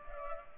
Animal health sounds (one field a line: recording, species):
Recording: mosquito wingbeat signal from an infrared sensor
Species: Culex pipiens